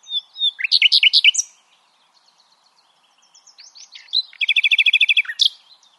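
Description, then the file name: Common nightingale song: a loud burst of repeated slurred notes, a quiet pause with soft ticks, then a rapid, even, machine-gun-like series of notes. "Luscinia megarhynchos"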